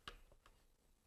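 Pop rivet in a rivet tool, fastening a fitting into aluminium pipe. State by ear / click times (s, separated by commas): not seated / none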